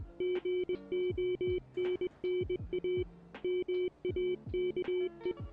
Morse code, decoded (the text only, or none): GONNA MAKE